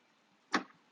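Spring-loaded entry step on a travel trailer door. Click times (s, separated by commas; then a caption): 0.5 s. A spring-loaded entry step on the door of a 2021 Airstream 19C travel trailer is pulled down and snaps into its deployed position. A single sharp snap lands at 0.6 s against a quiet background and fades within about a quarter second, showing that the step has latched in place.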